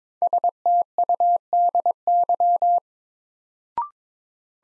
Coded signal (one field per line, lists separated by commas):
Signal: Morse code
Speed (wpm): 22 wpm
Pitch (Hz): 700 Hz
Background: none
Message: STUDY